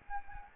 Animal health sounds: mosquito wingbeat signal from an infrared sensor; Anopheles arabiensis

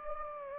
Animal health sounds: mosquito wingbeat signal from an infrared sensor; Anopheles gambiae

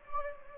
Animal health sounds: mosquito wingbeat signal from an infrared sensor; Anopheles gambiae

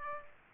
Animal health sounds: mosquito wingbeat signal from an infrared sensor; Aedes aegypti

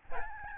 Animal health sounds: mosquito wingbeat signal from an infrared sensor; Aedes albopictus

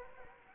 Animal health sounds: mosquito wingbeat signal from an infrared sensor; Anopheles arabiensis

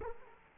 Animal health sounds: mosquito wingbeat signal from an infrared sensor; Culex quinquefasciatus

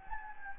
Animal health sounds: mosquito wingbeat signal from an infrared sensor; Anopheles gambiae

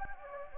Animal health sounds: mosquito wingbeat signal from an infrared sensor; Anopheles gambiae

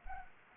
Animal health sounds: mosquito wingbeat signal from an infrared sensor; Anopheles arabiensis

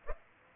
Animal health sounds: mosquito wingbeat signal from an infrared sensor; Aedes aegypti

